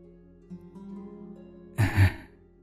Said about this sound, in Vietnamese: Có tiếng thở nhẹ nhẹ nhưng trợn cả gai ốc lên.